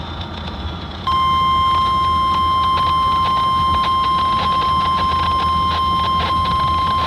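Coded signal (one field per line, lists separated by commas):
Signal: Emergency Alert System (SAME) tones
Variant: 1050 Hz attention tone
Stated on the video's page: Tornado warning from a weather radio transmitter in Indianapolis, Indiana.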